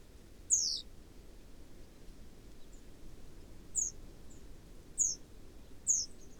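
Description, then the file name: Great tit calls: short, high, downward-sliding notes, one early then a run of three spaced about a second apart, with faint low rumble underneath. "Parus major"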